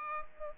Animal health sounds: mosquito wingbeat signal from an infrared sensor; Culex pipiens

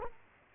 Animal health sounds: mosquito wingbeat signal from an infrared sensor; Culex quinquefasciatus

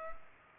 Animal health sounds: mosquito wingbeat signal from an infrared sensor; Culex pipiens

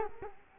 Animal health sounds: mosquito wingbeat signal from an infrared sensor; Culex quinquefasciatus

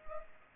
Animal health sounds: mosquito wingbeat signal from an infrared sensor; Culex pipiens

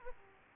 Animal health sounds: mosquito wingbeat signal from an infrared sensor; Aedes aegypti

